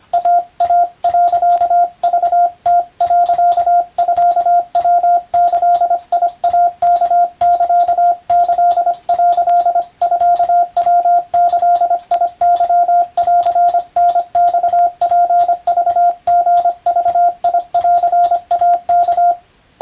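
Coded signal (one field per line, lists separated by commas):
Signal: Morse code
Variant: Japanese Wabun code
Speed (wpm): 26 wpm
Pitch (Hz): 700 Hz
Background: radio noise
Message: イイ、クム、ミヤギイワサキ」ミヤギケンタマツクリグンイワ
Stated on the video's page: Morse reception practice by a first-class radiotelegraph operator, modeled on the Japanese national radio operator exam, recorded from amateur radio on the air.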